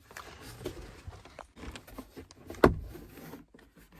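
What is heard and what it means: On a 2015 Honda Civic, the plastic clip on the second side of the glovebox or cabin filter cover is pushed into the dashboard, repeating the first side. After a few faint rustles and light taps, one sharp click sounds at 2.6 s. The clip is seated.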